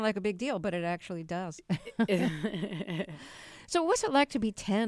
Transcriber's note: laughter